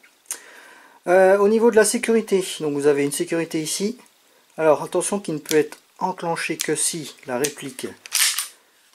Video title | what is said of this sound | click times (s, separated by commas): [AIRSOFT] Review N°84 - CZ SP-01 SHADOW - GBB - (ASG / KJ Works) | on encore chez le chargeur ballon quand j'ai jusqu'au clic au | 0.3 s